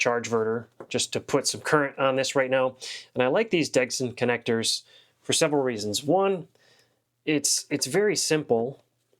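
Someone talks while handling a DC power cable connector, about to be pushed onto the terminal of a TechCella 48V LiFePO4 server rack battery to put current on it. No sharp click is heard; the connector has not seated or clicked in yet.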